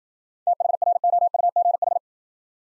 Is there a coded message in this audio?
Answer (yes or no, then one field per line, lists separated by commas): yes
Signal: Morse code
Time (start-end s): 0.5-2.0 s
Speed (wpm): 52 wpm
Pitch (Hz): 700 Hz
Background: none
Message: THROUGH